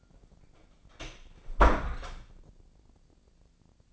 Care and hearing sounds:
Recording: daily activity, microphone in the room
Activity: close door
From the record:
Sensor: 5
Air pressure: 1009.3 hPa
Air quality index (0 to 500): 165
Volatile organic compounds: 2 ppm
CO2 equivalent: 1262 ppm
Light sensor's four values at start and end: 117/276/118/127 and 117/276/118/127

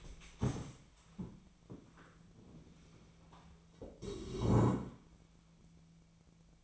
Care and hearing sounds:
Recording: daily activity, microphone in the room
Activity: stand up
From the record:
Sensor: 1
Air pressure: 1000.5 hPa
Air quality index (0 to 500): 176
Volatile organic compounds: 4 ppm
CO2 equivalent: 1626 ppm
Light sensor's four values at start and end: 16/37/16/18 and 16/37/16/18

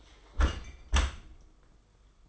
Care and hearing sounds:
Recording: daily activity, microphone in the room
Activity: close dishwasher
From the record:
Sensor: 5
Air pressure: 990.6 hPa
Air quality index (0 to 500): 162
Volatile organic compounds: 272 ppm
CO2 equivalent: 4416 ppm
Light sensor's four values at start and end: 37/113/44/46 and 37/113/44/46

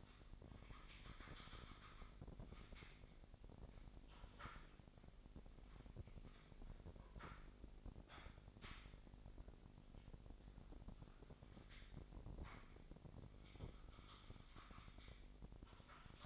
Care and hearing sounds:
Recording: daily activity, microphone in the room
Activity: typing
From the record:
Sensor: 5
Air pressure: 1007.7 hPa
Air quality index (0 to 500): 95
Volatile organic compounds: 1 ppm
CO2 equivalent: 748 ppm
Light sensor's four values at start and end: 42/99/41/43 and 43/100/41/44

